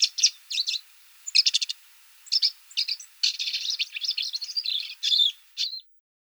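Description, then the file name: Rufous-tailed shrike producing rasping chatter in short clusters, then a longer run of squeaky, warbling scratchy notes that ends abruptly. "ZHulan rizhehvostyj"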